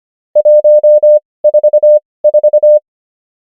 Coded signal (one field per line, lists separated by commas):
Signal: Morse code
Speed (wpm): 25 wpm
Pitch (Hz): 600 Hz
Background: none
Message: 144